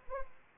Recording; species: mosquito wingbeat signal from an infrared sensor; Aedes aegypti